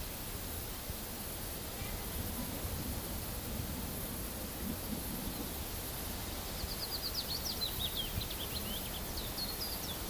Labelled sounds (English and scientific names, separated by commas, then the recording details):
Willow Warbler (Phylloscopus trochilus)
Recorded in the wild
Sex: male
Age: adult
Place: Brackenheim, OT Stockheim, Baden-Württemberg, DE
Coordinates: 49.0883, 9.00917
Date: 1969-06-23 14:30
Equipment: Nagra III PH, MD 211, PES 26
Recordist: Jeserich, E. and Schneider, H.-J